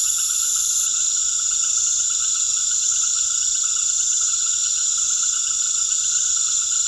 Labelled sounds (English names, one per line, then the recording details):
none
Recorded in secondary vegetation near Puerto Asís, Putumayo, Colombia, on 21 February 2024 at 19:00
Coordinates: 0.500, -76.326
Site G6428